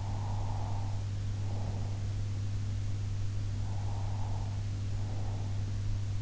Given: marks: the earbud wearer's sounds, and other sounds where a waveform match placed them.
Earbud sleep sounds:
sounds in sleep by an in-ear microphone; breath
0.00-1.99 s: breath
3.65-5.56 s: breath

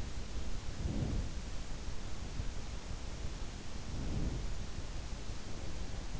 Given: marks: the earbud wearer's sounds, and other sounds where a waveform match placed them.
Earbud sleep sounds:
sounds in sleep by an in-ear microphone; breath
0.74-1.27 s: breath
3.85-4.48 s: breath

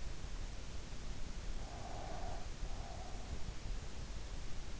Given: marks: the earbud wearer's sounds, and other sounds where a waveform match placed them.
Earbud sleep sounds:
sounds in sleep by an in-ear microphone; breath
1.65-3.35 s: breath

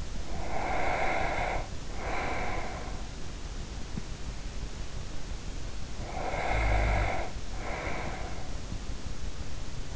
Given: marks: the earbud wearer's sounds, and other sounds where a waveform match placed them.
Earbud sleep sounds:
sounds in sleep by an in-ear microphone; breath, snoring breath
0.00-3.29 s: breath
5.98-8.96 s: snoring breath

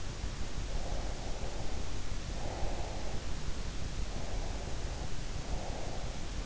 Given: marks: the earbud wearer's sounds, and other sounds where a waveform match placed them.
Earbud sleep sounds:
sounds in sleep by an in-ear microphone; breath
0.84-3.33 s: breath
4.00-6.36 s: breath

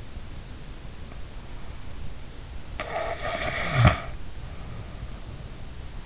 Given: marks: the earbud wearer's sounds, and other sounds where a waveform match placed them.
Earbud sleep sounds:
sounds in sleep by an in-ear microphone; snoring breath
2.72-5.47 s: snoring breath

